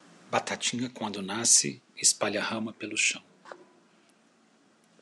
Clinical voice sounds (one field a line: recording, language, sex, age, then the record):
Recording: short text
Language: Brazilian Portuguese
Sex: male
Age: 50 to 59 years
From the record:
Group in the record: control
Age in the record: 50 years